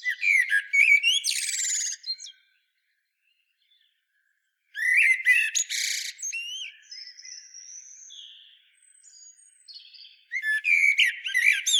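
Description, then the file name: Common blackbird song, bursts of busy high twittering and a buzzy rasping note, separated by a silent pause and quieter thin whistled notes. "Turdus merula"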